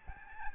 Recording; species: mosquito wingbeat signal from an infrared sensor; Aedes albopictus